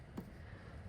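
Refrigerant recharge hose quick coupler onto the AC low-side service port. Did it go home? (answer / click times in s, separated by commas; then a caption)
yes / 0.2 s. The quick-connect coupler on an R134a refrigerant recharge hose is pushed onto the low-side AC service port of a 2012–2017 Hyundai Accent 1.6 GDI. A single short, sharp click is heard at 0.2 s over a steady low background hum. The coupler seats on the port.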